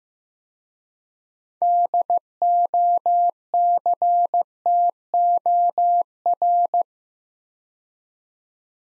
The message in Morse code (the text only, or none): DOCTOR